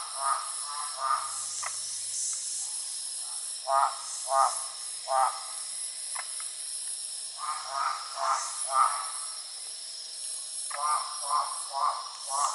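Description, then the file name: Great barred frog giving short, throaty pulsed croaks in loose irregular runs of a few, over a steady high hiss. "mixophyes fasciolatus"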